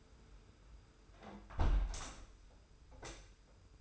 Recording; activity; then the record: daily activity, microphone in the room; close window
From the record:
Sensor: 2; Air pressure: 991.1 hPa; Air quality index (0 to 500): 134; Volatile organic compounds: 180 ppm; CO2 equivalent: 4142 ppm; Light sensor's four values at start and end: 37/109/43/41 and 38/109/43/41